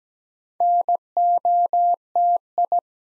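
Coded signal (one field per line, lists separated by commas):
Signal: Morse code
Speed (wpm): 17 wpm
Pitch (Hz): 700 Hz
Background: none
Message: NOTI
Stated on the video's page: Morse practice at 17 wpm building six-letter words two letters at a time, for ICR training.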